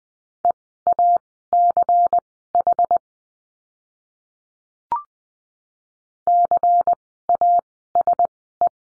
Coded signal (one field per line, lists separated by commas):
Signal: Morse code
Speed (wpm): 20 wpm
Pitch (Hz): 700 Hz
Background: none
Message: EACH CASE